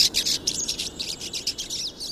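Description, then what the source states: Pine Siskins calling as a flock, many overlapping high twittering chirps in quick, irregular bursts over a steady background hiss. Flock swarming around a thistle feeder; nomadic irruptive migrants moving south when conifer seeds are scarce in Canada's boreal forests.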